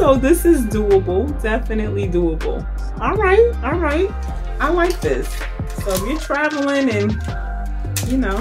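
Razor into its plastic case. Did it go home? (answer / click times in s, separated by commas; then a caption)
no / none. A compact razor is handled next to its plastic travel case while someone talks over background music. No click or snap is heard, and the razor has not seated in the case yet.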